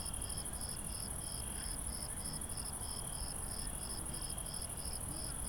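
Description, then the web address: Crickets with a shrill continuous trill and regularly repeated chirps, close to three every second, alongside a quieter lower pulsing trill and a soft low hum. Crickets at night. "IRL Recorded Night Crickets"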